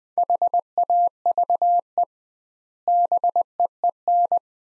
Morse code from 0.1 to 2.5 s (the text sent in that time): HAVE